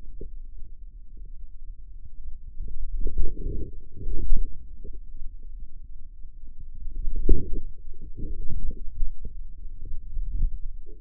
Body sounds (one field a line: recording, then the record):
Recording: forearm muscle sounds (acoustic myography)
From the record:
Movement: inward rotation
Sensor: system 2, bracelet of six BSWA MPA416 microphones around the upper forearm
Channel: 6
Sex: male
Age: 22 years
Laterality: right